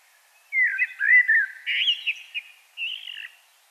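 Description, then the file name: Common blackbird song: one low, fluted, warbling phrase lasting about three seconds, ending in a slightly higher twittered flourish. "Turdus merula"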